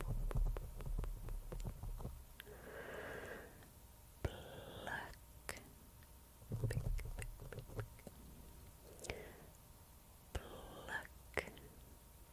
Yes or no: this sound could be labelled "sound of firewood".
no